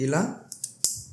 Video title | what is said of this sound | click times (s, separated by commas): The #1 WIRELESS MIC for VALUE That Changed Everything - Boya BOYALINK Wireless Microphone | నొక్కితే ఆ చిన్న tick అనే sound వినిపించింది చూసారా అప్పుడు లాక్ అయిందని అర్థం అన్నమాట ఓకేనా | 0.8 s